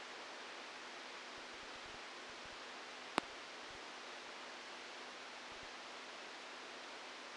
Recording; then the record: brain microelectrode recording played as sound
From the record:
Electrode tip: outside the subthalamic nucleus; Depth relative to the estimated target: 4 mm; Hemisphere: left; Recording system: NeuroSet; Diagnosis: Parkinson's disease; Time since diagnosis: 12 years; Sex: male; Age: 61 years